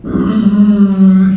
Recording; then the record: squeal of a Yucatan mini pig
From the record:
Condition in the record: after surgery on the right vocal fold (resection and tissue-engineered implant); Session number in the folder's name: 6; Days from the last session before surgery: 40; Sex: female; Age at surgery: 19 weeks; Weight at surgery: 25 kg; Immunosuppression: prednisolone